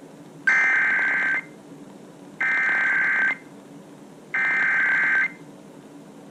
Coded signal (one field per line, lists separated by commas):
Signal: Emergency Alert System (SAME) tones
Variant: header bursts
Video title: NEVER Trust Summer... | EAS #559-567 (Severe Weather Alerts from 6/4/2024)